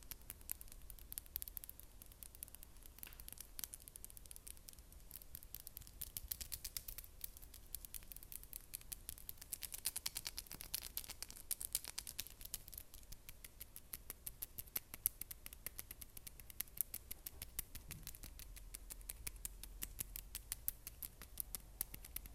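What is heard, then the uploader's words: Fast, aggressive nail tapping runs throughout as a dense stream of sharp, bright clicks with almost no gaps. The rhythm is rapid and busy rather than even, with brief clusters of harder taps around ten and fifteen seconds, over a low steady rumble. ASMR NAIL TAPPING, FAST & AGGRESSIVE ネイルのタッピング、はやくてアグレッシブ『音フェチ』.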